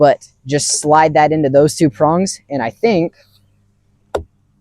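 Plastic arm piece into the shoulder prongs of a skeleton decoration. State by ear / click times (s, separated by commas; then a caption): seated / 4.2 s. Someone talks while sliding the large blow-molded plastic arm of a 4-foot Halloween skeleton groundbreaker prop onto the two shoulder prongs on its body. After a short quiet pause, a single sharp click sounds at 4.2 s as the arm seats onto the prongs, leaving the skeleton reaching outward.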